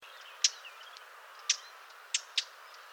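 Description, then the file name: Eurasian blackcap uttering four hard, clicking tack notes, two spaced about a second apart and a final quick pair, over a soft hiss. "Sylvia atricapilla"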